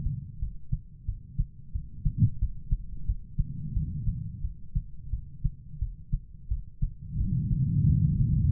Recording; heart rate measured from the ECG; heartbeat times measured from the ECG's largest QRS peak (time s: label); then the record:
heart sounds by stethoscope; 88 bpm
0.38 s: heartbeat
1.05 s: heartbeat
1.71 s: heartbeat
2.38 s: heartbeat
3.05 s: heartbeat
3.73 s: heartbeat
4.41 s: heartbeat
5.09 s: heartbeat
5.78 s: heartbeat
6.48 s: heartbeat
7.17 s: heartbeat
7.85 s: heartbeat
From the record:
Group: healthy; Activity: cold pressor test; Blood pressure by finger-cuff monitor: 129/78 mmHg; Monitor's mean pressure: 97 mmHg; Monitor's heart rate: 87 bpm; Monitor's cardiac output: 6.4 L/min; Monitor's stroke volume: 72 mL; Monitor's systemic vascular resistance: 1100 dyn s/cm5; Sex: female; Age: 43 years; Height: 160 cm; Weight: 90 kg